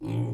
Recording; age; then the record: pig call; weaner (32 to 43 days)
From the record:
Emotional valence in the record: negative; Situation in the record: novel object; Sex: female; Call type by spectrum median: low-frequency call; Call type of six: low-frequency stable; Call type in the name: low-frequency stable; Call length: 0.34 s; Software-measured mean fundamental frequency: 57 Hz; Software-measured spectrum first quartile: 118 Hz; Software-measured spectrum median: 181 Hz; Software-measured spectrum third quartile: 359 Hz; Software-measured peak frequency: 301 Hz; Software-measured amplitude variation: 84 dB a second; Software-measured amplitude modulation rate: 20.4 a second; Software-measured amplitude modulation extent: 4.1 dB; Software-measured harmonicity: 0.6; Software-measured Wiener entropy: -0.54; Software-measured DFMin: 963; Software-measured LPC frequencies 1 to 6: 258, 831, 2346, 3283, 4161, 5078 Hz